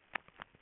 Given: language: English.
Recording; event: throat vibration sensor signal played as sound; swallow